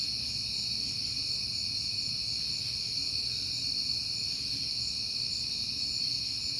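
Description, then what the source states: Many crickets give a constant high-pitched trill throughout, steady in loudness, with low background rumble. Crickets recorded on a peaceful night in September.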